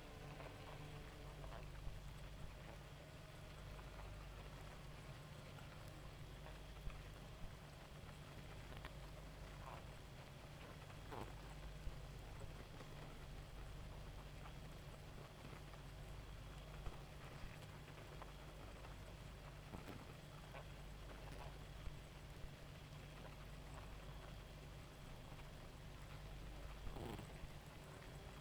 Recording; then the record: honeybee colony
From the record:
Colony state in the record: active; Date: 28 July 2017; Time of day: 1:10